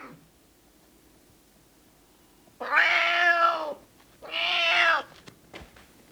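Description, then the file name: Cat meows twice after a quiet start: a long, strong, slightly falling meow followed by a shorter one, then a few small clicks. Male cat (tomcat) meowing. "Miauwen van een kater - Sound Cloud - Beeld en Geluid"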